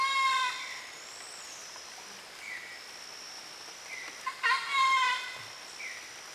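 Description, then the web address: Bird calls: a rich harmonic burst opens, two short chirps follow, then a second loud harsh burst, over background noise. "gallery oiseaux. Mes treks"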